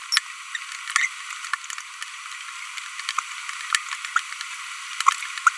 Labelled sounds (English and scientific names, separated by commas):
Green-rumped Parrotlet (Forpus passerinus) babbling